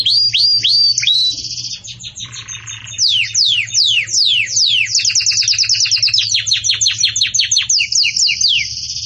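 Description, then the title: Belgian canary singing a long varied phrase: looping whistled notes, a quieter buzzy passage, then rapid cascades of sweeping chirps running into a sustained high trill. Belgian canary singing in the campainha (bell) song style, recorded for tutoring young chicks. "Belíssimo Canto Do Canário Belga Campainha Para Encarte De Filhotes"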